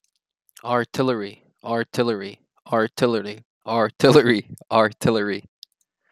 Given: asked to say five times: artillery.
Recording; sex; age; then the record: repeated word; male; 20 to 29 years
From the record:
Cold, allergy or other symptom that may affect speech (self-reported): no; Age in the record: 23 years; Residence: Nevada, United States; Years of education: 15